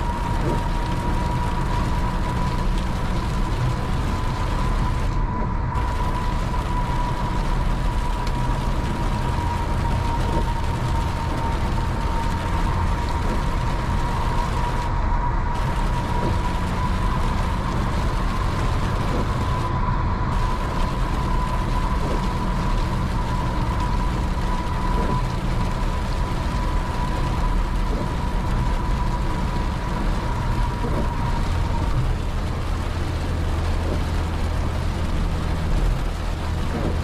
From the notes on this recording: night driving in the rain with no talking or music in the background